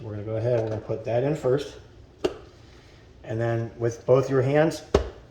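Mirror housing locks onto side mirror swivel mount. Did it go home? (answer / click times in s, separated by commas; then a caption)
no / none. Someone talks while handling a carbon side mirror housing from a C7 Corvette, fitting its metal tab in first on the inside of the mirror so its locks can go onto the round swivel mount with both hands. A single brief sharp knock sounds at about 2.2 s between the speech, and nothing has snapped or seated yet when the clip ends.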